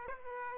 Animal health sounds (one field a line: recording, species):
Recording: mosquito wingbeat signal from an infrared sensor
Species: Aedes aegypti